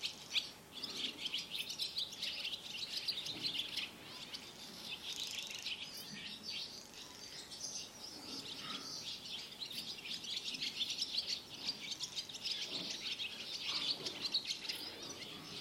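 Barn swallows chattering: a long, unbroken wash of high chirps and twitters throughout.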